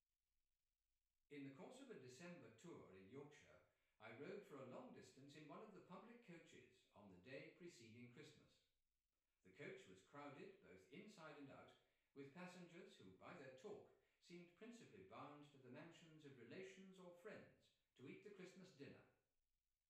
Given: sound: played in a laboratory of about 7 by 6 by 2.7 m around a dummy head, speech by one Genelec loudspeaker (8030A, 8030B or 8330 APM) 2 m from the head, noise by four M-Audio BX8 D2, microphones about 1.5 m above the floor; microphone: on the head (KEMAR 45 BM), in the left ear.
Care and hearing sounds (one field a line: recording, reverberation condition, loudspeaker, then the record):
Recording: male speech in English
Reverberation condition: medium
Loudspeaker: 60 degrees to the right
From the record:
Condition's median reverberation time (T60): about 510 ms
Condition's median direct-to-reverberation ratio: about -0.5 dB